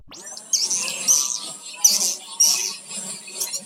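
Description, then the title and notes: Swiftlet chirping: high, dense twittering and scratchy chirps in irregular bursts, with a steady thin high tone running through throughout. Farmed swiftlet sound from Asia, used as a lure in bird-nest farming. "Swiflet Bird Sound. Farming Swiflet Bird asia sound"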